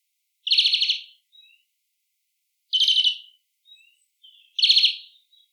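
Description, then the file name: European greenfinch giving three stuttering trilled rattles, each about half a second long and spaced roughly two seconds apart, with faint soft notes between. "Chloris chloris"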